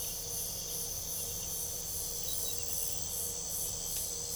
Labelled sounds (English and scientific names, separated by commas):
none